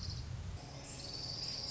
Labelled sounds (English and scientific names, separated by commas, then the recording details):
Orange-crowned Warbler (Leiothlypis celata)
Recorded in Sonoma County, California